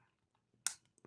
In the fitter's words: there you go. It just snaps into place.